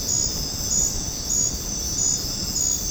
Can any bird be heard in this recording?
no